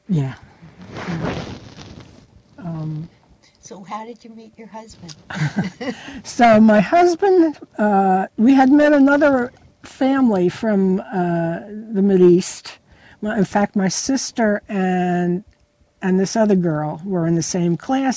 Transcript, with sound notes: Yeah - yeah.
So how did you meet your husband? (both laugh)
So my husband - we had met another family from the Mid-East—in fact, my sister and - and this other girl were in the same class.